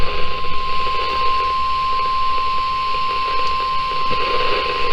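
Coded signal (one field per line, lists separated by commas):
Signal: Emergency Alert System (SAME) tones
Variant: 1050 Hz attention tone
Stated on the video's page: EAS alerts for severe weather from late April into May.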